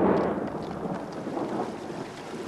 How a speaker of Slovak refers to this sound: Chystá sa búrka? Nie. Nelakaj sa, milý môj. Ako by sa kto si hneval? Hundral? To len voda šumí. Vidíš, ako padá zo skaly?